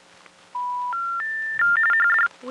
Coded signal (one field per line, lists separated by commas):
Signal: telephone call progress tone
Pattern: special information tone